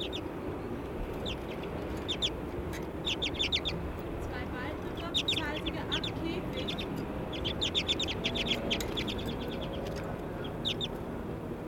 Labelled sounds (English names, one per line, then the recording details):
Common Redpoll call
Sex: male
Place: Bergen, Insel Rügen, Mecklenburg-Vorpommern, DE
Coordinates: 54.415, 13.426
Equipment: Nagra III BH, Sennheiser MD 21
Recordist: Schubert, Michael